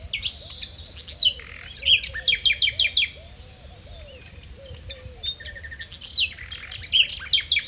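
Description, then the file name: Common nightingale singing varied phrases of clicks, rapid trills and sharp whistles, broken by a short quiet gap. "Luscinia megarhynchos"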